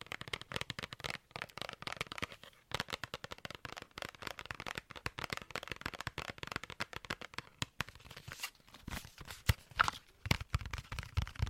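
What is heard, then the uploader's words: Rapid, intense tapping fills the whole clip, dense clusters of sharp clicks coming several times a second with only brief gaps near 1 and 2.5 seconds. The taps are crisp and bright, with a few heavier, deeper knocks toward the end. ASMR INTENSE TAPPING.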